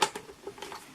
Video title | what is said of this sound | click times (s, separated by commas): JJRC S4 SPECTRE 720p WIFI RC BOAT DO NOT BUY!!! | to water seal it, you'll hear it click in a minute, just hang on, and then | 0.0 s